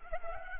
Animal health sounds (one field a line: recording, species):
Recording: mosquito wingbeat signal from an infrared sensor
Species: Culex pipiens